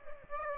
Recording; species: mosquito wingbeat signal from an infrared sensor; Aedes aegypti